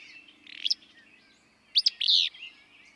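Willow flycatcher song, two sharp, sneezy burst phrases about a second apart, high and explosive, with faint background hiss.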